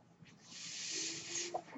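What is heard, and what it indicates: A soft, steady airy hiss swells over about a second and then fades, with a faint low tone partway through: the sound of air delivered by a person's own home mechanical ventilator during a single breath cycle. No speech is heard.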